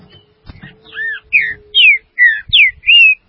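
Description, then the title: Green-winged saltator song: a quick phrase of about six slurred whistles, an arched note then falling slurs, after a few soft knocks. "Trinca Ferro"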